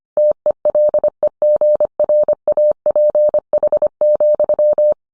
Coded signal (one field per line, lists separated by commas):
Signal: Morse code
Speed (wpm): 25 wpm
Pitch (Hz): 600 Hz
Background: none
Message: TELEGRAPH,